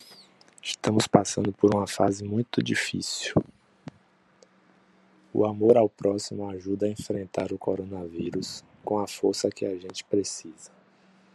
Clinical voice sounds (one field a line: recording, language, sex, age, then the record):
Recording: spoken sentence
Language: Brazilian Portuguese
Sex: male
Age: 30 to 39 years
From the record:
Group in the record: control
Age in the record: 39 years